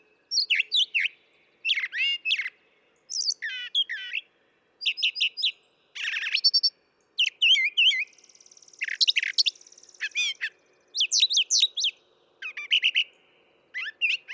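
Brown thrasher song, loud and varied, with short phrases mostly doubled, mixing sharp chips, slurred whistles and a buzzy trill, separated by brief gaps.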